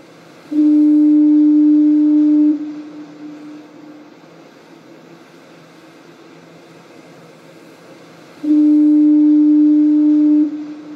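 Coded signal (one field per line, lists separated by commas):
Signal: ship horn signal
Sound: two long, deep, steady foghorn blasts about six seconds apart; the second is cut off at the end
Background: faint outdoor ambience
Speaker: January the 11 2011 was a sad day for maritime Ireland as the last remaining four courts around the 7800 kilometer coastline were switched off by the Commissioner of Irish lights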